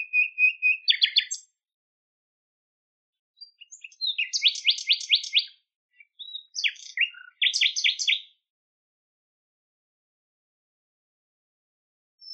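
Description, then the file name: Common nightingale singing: a steady whistled note gives way to a sharp rattle, then quick, tightly repeated chirping phrases separated by short pauses. "nachtigall"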